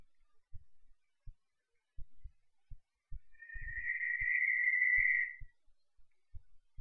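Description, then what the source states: Cape Verde barn owl screaming: one harsh, hissing, drawn-out shriek lasting about two seconds, with soft low thuds sounding irregularly throughout. Cape Verde subspecies of barn owl, from Cape Verde; scream.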